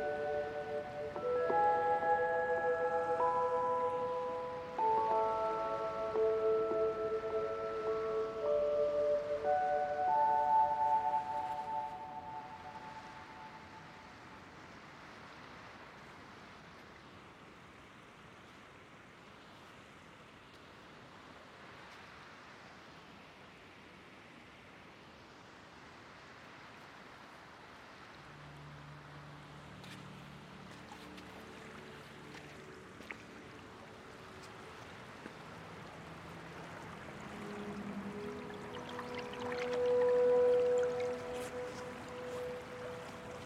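A seaside cove on the Oregon coast, with a steady wash of surf running the whole way through. In the first ten seconds clear, sustained tones ring out over the water, then it settles into the soft roar until low tones and a brighter swell return near the end.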